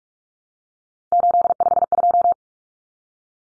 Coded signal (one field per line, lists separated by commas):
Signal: Morse code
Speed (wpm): 44 wpm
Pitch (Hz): 700 Hz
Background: none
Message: 852